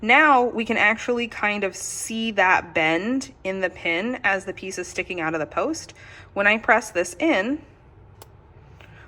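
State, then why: Seated. Someone talks while a bent threadless jewelry pin is pressed fully into its hollow post, then two short, sharp clicks sound at 8.2 and 8.8 seconds in near silence. The pin seats in the post with a secure closure.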